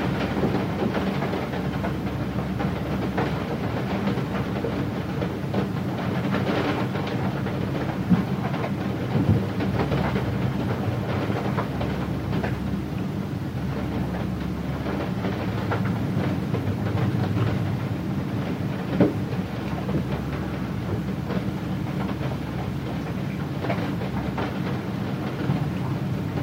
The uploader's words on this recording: Rain Hitting Window. This is the relaxing sound of heavy rain hitting a window in a remote countryside house.